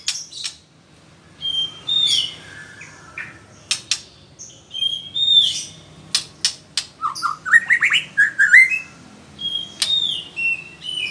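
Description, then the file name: White-rumped shama giving high thin whistles and sharp clicks, then a quick rising run of whistled notes, with scattered high calls continuing. Female. "murai batu betina"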